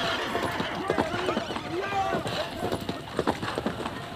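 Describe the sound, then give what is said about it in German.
Hooves pound in a rapid, uneven galloping rhythm, loud and clattering, with voices shouting over the commotion and a brief high-pitched horse cry rising midway. “packt unsere Pferde auf! Galopp!”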